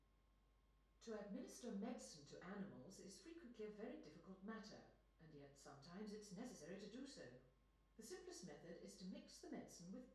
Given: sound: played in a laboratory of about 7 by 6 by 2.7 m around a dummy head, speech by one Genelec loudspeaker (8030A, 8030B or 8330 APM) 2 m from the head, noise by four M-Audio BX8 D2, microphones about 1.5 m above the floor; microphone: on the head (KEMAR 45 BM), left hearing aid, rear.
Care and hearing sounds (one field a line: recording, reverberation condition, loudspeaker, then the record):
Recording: female speech in English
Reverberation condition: medium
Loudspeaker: 90 degrees to the right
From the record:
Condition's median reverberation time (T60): about 510 ms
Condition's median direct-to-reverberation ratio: about -0.5 dB